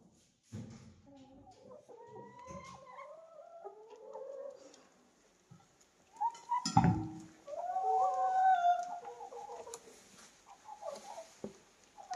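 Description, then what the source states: Chickens clucking with drawn-out, wavering calls that overlap and rise and fall, plus a sharp knock midway through. Hens cackling while eating in the recordist's own henhouse; a soundscape.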